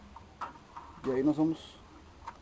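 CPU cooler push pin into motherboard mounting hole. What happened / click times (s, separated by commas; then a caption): The plastic push pin snapped into its hole / 0.4 s. A plastic push pin on the side of a socket 775 CPU cooler is pressed carefully into the motherboard mounting hole and snaps in with a sharp click at 0.4 s, with softer ticks around it. Someone talks briefly mid-clip, and the pin is seated.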